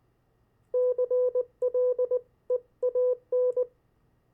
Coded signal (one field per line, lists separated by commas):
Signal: Morse code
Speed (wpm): 20 wpm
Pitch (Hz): 500 Hz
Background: none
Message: CLEAN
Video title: CW Copy practice of Opposite Words, Pen and paper follow along.